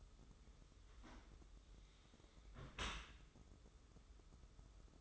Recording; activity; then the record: daily activity, microphone in the room; close dishwasher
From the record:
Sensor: 3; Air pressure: 995.8 hPa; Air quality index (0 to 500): 97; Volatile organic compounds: 13 ppm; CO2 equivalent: 2428 ppm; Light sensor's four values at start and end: 29/87/37/32 and 29/87/37/32